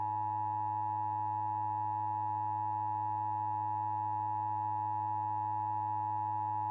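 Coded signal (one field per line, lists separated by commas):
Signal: Emergency Alert System (SAME) tones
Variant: 853 and 960 Hz attention tone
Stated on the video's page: Fictional EAS scenario, a remaster of another creator's original.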